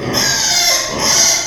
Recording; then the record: squeal of a Yucatan mini pig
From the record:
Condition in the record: before surgery on the right vocal fold (resection and tissue-engineered implant); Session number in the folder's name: 2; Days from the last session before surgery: 0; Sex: male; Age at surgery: 12 weeks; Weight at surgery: 13 kg